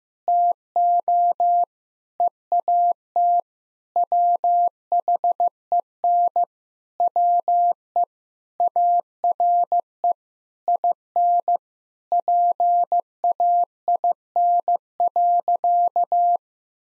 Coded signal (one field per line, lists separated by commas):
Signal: Morse code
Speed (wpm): 15 wpm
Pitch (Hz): 700 Hz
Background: none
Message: TO EAT WHEN WE ARE IN PAIN.